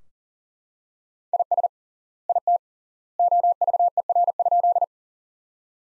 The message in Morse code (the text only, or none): IS IT OVER?